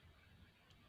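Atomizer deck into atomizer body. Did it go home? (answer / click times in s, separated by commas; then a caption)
no / none. The deck of a QP Designs Juggerknot MR rebuildable vape atomizer, moved to a different notch, is handled as it is fitted back into the atomizer body. Low, steady handling rustle is heard, with faint ticks and brief brighter scrapes near 0.7 s and at the very end. Nothing has seated or snapped into place yet.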